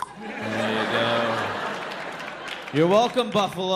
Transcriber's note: applause